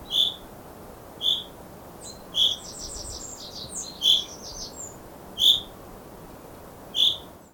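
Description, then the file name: Common chaffinch repeating a sharp, bright call note every one to two seconds, with softer high twittering notes in the middle. "Fringilla coelebs"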